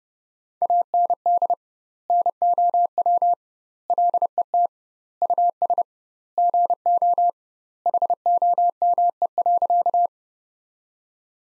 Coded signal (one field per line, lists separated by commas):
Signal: Morse code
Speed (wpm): 30 wpm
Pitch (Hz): 700 Hz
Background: none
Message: AND NOW LET US GO HOME.